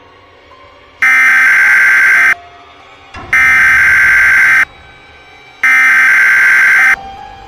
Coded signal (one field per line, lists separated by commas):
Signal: Emergency Alert System (SAME) tones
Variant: header bursts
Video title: EAS Scenario: Pinewood Builders Computer Core